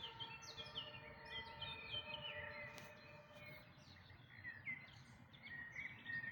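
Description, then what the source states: Birds chirping and twittering in a busy overlapping chorus of short high notes and whistles, repeated rapidly throughout. Dawn chorus, May 2026.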